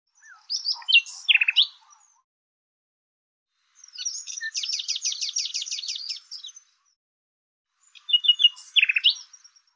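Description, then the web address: Bird song: three high phrases, sharp slurred chirps, then a fast, even trill of repeated notes, then more sharp chirps. "Deverinetal 2025"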